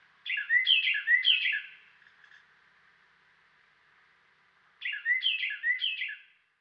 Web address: Dan Gibson Wildlife Identification By Sound, Western North America. Carolina Wren